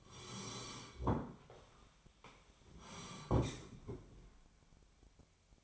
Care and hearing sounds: daily activity, microphone in the room; sit down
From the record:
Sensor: 1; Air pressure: 1015.2 hPa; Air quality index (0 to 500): 195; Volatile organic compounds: 21 ppm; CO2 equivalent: 2728 ppm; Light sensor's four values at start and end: 11/27/11/13 and 12/29/12/13

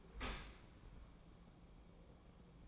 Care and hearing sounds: daily activity, microphone in the room; open dishwasher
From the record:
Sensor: 1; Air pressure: 1012.4 hPa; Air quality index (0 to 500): 172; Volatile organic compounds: 3 ppm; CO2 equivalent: 1406 ppm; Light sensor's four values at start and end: 317/717/319/347 and 314/711/316/343

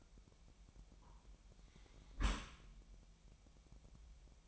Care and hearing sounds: daily activity, microphone in the room; close dishwasher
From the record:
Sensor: 1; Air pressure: 998.2 hPa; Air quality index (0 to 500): 140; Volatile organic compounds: 4 ppm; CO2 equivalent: 1670 ppm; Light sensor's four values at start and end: 16/54/22/22 and 16/54/21/22

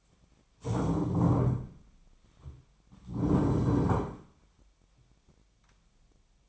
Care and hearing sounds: daily activity, microphone in the room; stand up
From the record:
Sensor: 1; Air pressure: 1007.9 hPa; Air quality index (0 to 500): 191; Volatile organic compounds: 17 ppm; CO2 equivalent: 2586 ppm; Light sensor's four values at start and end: 13/33/13/14 and 13/32/13/14

